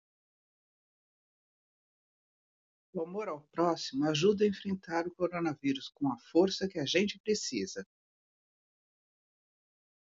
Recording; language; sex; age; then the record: spoken sentence; Brazilian Portuguese; female; 60 to 69 years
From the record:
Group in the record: control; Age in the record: 62 years